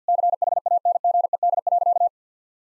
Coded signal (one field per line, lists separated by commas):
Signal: Morse code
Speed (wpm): 50 wpm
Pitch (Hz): 700 Hz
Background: none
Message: CHANGED.